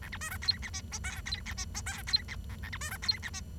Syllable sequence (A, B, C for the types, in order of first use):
A B C D E F G H I E F G H I E F J A B C D E F G